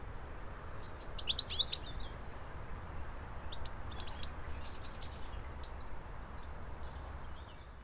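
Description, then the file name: European goldfinch with one quick burst of high twittering notes, followed by fainter scattered chips, over a low steady hiss. "Carduelis carduelis"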